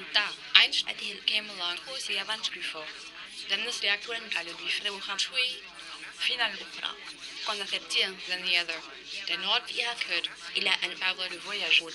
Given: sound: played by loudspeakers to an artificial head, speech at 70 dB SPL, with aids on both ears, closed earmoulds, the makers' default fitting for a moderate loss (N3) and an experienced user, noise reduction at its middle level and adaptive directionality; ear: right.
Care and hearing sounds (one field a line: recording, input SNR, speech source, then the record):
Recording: speech test signal (ISTS) in cocktail-party noise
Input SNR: +3 dB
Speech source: on the right (90 degrees)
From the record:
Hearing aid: class 2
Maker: B